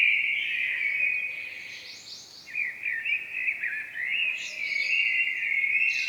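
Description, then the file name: Common blackbird song: a steady flowing warble of rich whistled notes, dipping and rising, with soft high twittering breaking in. "Turdus merula"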